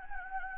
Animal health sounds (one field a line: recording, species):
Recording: mosquito wingbeat signal from an infrared sensor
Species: Anopheles gambiae